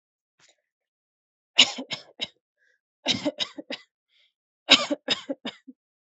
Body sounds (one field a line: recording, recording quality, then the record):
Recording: shallow voluntary cough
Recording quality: excellent, no background noise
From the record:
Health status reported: healthy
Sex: female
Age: 23 years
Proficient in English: yes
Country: India